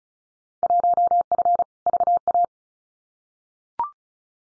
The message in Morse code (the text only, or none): 1F VA